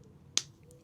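A PIZDOOM TPMS display unit is clipped into a plastic quad-lock style cradle on a handlebar pipe clamp with a rubber insert on a Triumph Scrambler 400X, then turned until it locks. A single sharp click at 0.4 s is heard over a quiet background, followed by a few faint ticks. The twist-lock mount locks into place.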